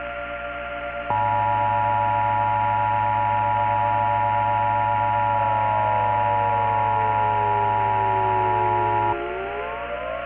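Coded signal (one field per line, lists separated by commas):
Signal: Emergency Alert System (SAME) tones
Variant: 853 and 960 Hz attention tone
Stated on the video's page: Fictional EAS/EBS analog horror scenario based on a 1983 film, made with editing software.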